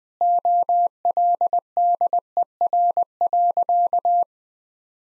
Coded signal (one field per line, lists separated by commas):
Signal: Morse code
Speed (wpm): 20 wpm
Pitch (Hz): 700 Hz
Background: none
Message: OLDER.